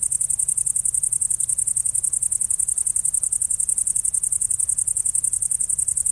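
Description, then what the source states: Great green bush-cricket song, a shrill high-pitched rapid ticking buzz that runs on without pause, evenly pulsed, over a soft low background hum. Only males stridulate; a loudly stridulating large, green, long-winged species, best heard now when outdoor temperature is at least 10 degrees, preferably much warmer.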